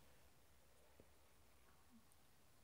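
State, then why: Not seated. A special data cable clip is being fitted onto the four pins on the back of a KOSPET BRAVE 4G Android 6 IP68 waterproof 2G+16G Bluetooth calling smartwatch. Over a low steady hum there is only a faint brief tap near 1.0 s and a soft rustle near 2.0 s. Nothing has snapped into place yet.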